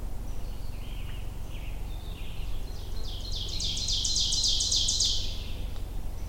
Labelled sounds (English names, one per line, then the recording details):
Ovenbird song
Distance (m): 25 m
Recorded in boreal forest in Alberta, Canada, on 22 June 2016 at 08:30
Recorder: SongMeter 3, array SBT-6-76
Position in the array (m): 307 m, 74 m
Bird 1